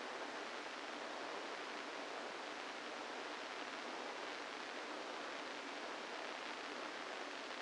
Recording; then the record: brain microelectrode recording played as sound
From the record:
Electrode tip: inside the subthalamic nucleus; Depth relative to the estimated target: -1 mm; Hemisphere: left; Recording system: NeuroSet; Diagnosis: Parkinson's disease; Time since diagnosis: 8 years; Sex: male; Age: 65 years